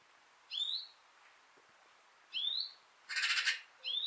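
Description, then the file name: European greenfinch calls: three clear upward-sliding notes, with a brief harsh, pulsing buzzy burst between the last two. "Chloris chloris"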